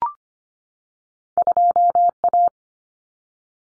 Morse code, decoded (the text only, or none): 2A